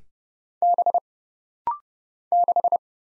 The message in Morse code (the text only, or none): B 6